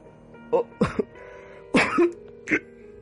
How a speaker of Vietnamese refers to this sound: Tôi bắt đầu cảm thấy cổ họng của mình khô rang lên, liền dốc sức mà ho khan.